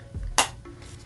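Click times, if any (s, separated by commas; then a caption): 0.4 s. The hinged magnetic lid of a matte black plastic Poptel wireless Bluetooth earbud charging case is closed onto the case. After a low rumble, it shuts with a sharp, loud snap at 0.38 s, followed by a faint softer sound near 0.7 s. The lid seats firmly with a nice, satisfying snap.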